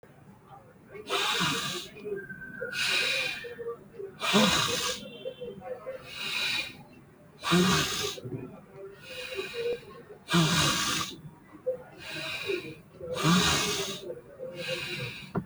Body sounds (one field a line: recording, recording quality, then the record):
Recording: deep breathing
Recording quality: excellent, no background noise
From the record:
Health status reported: healthy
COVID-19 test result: not tested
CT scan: not taken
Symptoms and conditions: none ticked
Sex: male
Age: 21 years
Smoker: no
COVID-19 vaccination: both doses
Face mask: not worn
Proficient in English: yes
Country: India